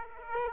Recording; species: mosquito wingbeat signal from an infrared sensor; Aedes aegypti